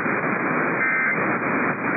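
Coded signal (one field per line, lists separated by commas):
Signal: Emergency Alert System (SAME) tones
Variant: end-of-message bursts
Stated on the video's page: Emergency alert tests captured from a radio station relay.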